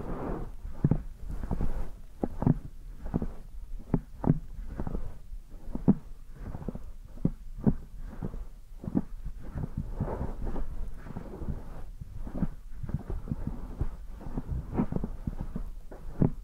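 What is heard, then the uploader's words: Ear massage sounds: soft, low rubbing and muffled thumps against the microphone, repeating irregularly about once or twice a second throughout. The thumps are dull and bassy, a little like a heartbeat, with faint brushing and crackle in between. ASMR Deep Ear Massage for Sleep(No Talking).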